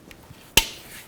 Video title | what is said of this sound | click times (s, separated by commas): How To Replace Lower Transmission Cooler Line 2000-2006 Chevy Tahoe | And snap it into this bracket, just like that. | 0.6 s